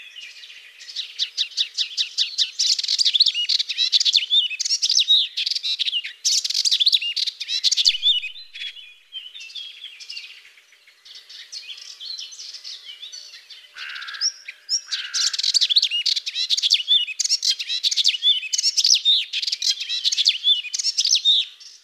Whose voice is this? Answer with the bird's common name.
Melodious Warbler